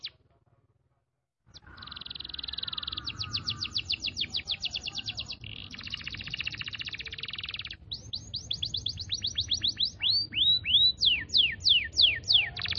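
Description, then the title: Canary singing after a short silence: long rapid trills, buzzy rattles, then a series of rising and falling sweeps that grow louder toward the end. Canary song in the cengkok mewah pattern. "Cengkok Kenari Mewah. Suara kenari cengkok mewah"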